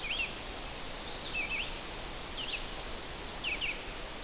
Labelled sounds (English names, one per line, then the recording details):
Red-eyed Vireo song
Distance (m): 40 m
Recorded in boreal forest in Alberta, Canada, on 12 June 2016 at 05:45
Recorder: SongMeter 3, array SBT-3-18
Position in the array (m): 234 m, 100 m